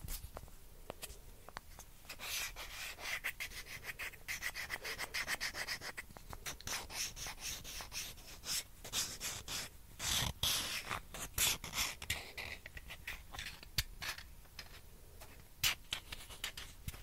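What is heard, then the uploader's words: A ping pong ball taps and scratches against a surface in a busy, uneven stream of rubbing strokes and sharp clicks. The scraping is bright and dense, with louder tapping bursts clustered around ten to eleven seconds and scattered crisp hits near fourteen and sixteen seconds. ASMR TAPPING AND SCRATCHING WITH PING PONG BALL.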